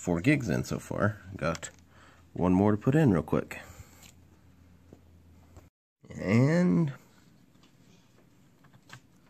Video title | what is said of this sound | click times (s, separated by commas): HP Pavilion dv7 RAM upgrade! | one thing push it forward push down here click ma'am | 8.9 s